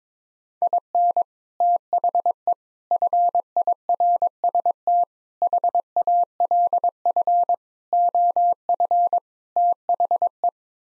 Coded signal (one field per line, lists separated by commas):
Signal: Morse code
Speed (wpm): 22 wpm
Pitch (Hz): 700 Hz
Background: none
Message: IN THE FIRST HALF OF THE